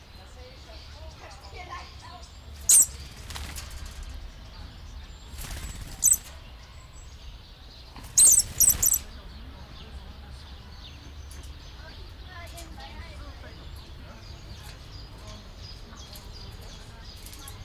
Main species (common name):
Papuan Lorikeet